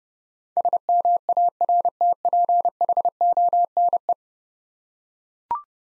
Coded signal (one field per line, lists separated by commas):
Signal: Morse code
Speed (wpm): 30 wpm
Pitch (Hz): 700 Hz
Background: none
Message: SMARTPHONE